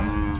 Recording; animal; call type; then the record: contact call of a hoofed animal; cattle; low-frequency (closed-mouth) or high-frequency (open-mouth) call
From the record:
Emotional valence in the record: negative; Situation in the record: full separation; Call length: 0.40 s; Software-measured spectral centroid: 1180 Hz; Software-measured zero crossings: 880 a second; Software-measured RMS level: -24 dBFS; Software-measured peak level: -14 dBFS